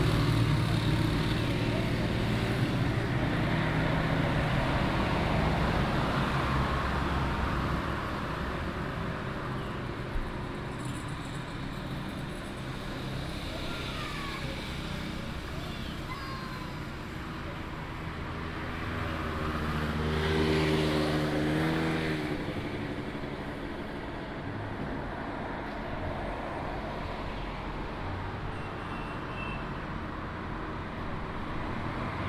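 A seafront promenade by the beachside bars, filled with a steady wash of traffic and passing cars. Engines rumble low throughout, with one louder vehicle swelling past around twenty seconds, its tone rising and falling. Faint voices and scattered clinks sit underneath.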